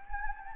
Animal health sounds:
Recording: mosquito wingbeat signal from an infrared sensor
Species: Anopheles gambiae

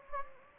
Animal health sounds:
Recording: mosquito wingbeat signal from an infrared sensor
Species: Anopheles gambiae

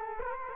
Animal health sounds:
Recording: mosquito wingbeat signal from an infrared sensor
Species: Culex quinquefasciatus

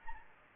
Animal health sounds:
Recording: mosquito wingbeat signal from an infrared sensor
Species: Anopheles gambiae

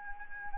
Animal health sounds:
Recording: mosquito wingbeat signal from an infrared sensor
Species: Anopheles arabiensis

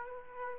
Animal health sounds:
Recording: mosquito wingbeat signal from an infrared sensor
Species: Aedes aegypti

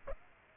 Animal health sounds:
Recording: mosquito wingbeat signal from an infrared sensor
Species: Aedes aegypti

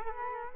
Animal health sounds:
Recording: mosquito wingbeat signal from an infrared sensor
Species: Culex quinquefasciatus

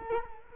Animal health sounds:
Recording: mosquito wingbeat signal from an infrared sensor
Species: Culex quinquefasciatus

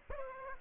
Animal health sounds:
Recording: mosquito wingbeat signal from an infrared sensor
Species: Aedes aegypti

